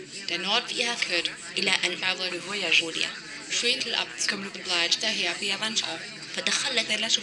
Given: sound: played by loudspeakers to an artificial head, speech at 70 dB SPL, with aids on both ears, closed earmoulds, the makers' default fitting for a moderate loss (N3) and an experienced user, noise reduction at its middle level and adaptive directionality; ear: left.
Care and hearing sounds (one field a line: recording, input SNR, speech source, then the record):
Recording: speech test signal (ISTS) in cocktail-party noise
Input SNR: +3 dB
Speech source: in front (0 degrees)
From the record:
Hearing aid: class 1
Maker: B